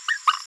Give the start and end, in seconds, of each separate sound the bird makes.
0.08-0.19